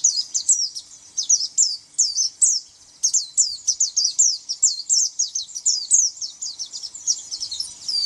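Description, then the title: White-eye song, a rapid chatter of high slurred chips and sweeping notes delivered in quick bursts, with brief gaps between phrases. "Pleci"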